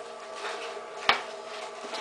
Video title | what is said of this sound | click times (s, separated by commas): CabKing Maintenance Part 2 | to put in our right Arbor this would be the flat ended arbor just pops | 1.1 s